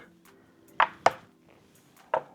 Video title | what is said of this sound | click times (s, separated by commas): 5th Gen Toyota 4Runner 9.5" Android Headunit T10 V2.1 Install - CARTRIMHOME | and it's this one make sure you hear the click | 0.8 s, 1.1 s